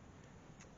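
A Mopar wiper blade is slid onto the windshield wiper arm of a Chevy S-10 / GMC Sonoma and pushed up until it clicks. A faint tick is heard at 0.6 s over steady background noise. The blade clicks but is not fully home and has to go up a little further before it seats.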